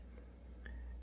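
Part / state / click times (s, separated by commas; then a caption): intake air filter into oxygen concentrator housing / seated / 0.7 s. A replaceable intake air filter is pressed by hand into its housing on an Invacare Perfecto oxygen concentrator, with no screws needed. A short, sharp tick at 0.7 s, with a faint ringing tone trailing after it, marks the filter popping into place over a steady low hum. The filter is seated.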